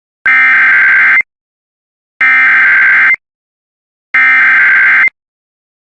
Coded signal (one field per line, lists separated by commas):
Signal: Emergency Alert System (SAME) tones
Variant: header bursts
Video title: KY PDS TOR EAS #683